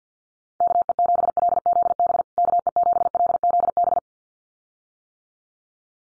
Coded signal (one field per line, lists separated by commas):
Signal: Morse code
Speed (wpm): 50 wpm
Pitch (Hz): 700 Hz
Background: none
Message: KE7LZB KE7LZB